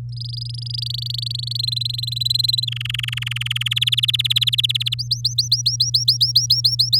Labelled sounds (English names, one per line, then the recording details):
Domestic Canary song
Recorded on 8 May 2018 at 13:01
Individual llb16